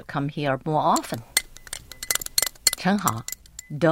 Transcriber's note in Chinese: Sound of spoon scraping the bowl